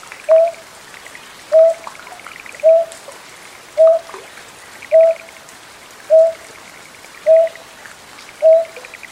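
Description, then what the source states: Greater painted-snipe calling, a soft hollow hoot repeated steadily about every 1.2 seconds, eight notes in all, over faint high trilling chirps. Suburbs of Tokyo, Japan.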